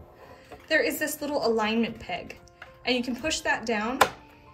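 On a spiral binding punch machine, someone talks over background music while handling the small side alignment peg that is pushed down to lock into one of the punched holes in the paper. Nothing has seated or clicked yet.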